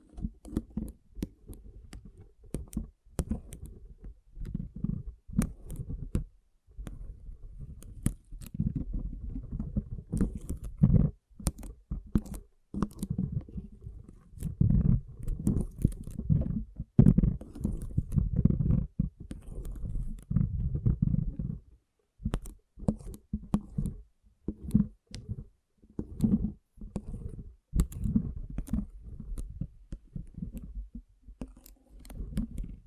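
Water beads are squished and stirred in an irregular stream of soft, low squelching. Sharp little clicks and pops cut through constantly, sometimes in quick clusters, with brief pauses between handfuls, including a short gap near the twenty-second mark.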